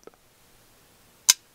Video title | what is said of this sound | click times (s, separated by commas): IM LOVING THIS NEW GIANT MOUSE | locks in place with authority I love that rock solid lock up the | 1.3 s